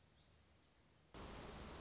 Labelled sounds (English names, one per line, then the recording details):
Black-throated Gray Warbler
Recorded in Sonoma County, California